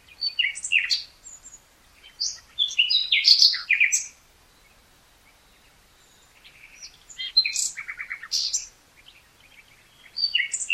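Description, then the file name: Common nightingale pouring out several complex phrases of sharp chirps, whistles and quick stuttering notes, separated by pauses. "Luscinia megarhynchos"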